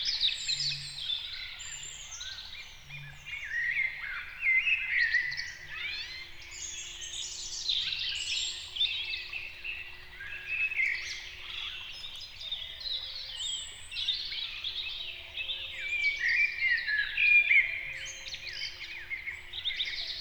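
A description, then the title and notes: A spring morning in the forest is filled with a dense, continuous chorus of many birds singing and chirping at once, bright and overlapping throughout. Beneath it, a faint low hum and occasional soft croaking sounds. A peaceful spring morning in the forest.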